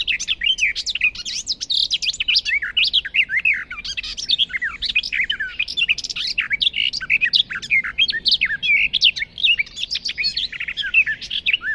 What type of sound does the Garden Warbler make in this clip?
song